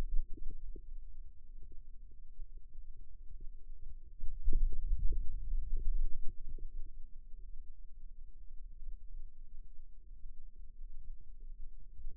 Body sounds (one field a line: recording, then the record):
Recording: forearm muscle sounds (acoustic myography)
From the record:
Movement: radial deviation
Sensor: system 2, bracelet of six BSWA MPA416 microphones around the upper forearm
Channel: 5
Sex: male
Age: 22 years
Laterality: right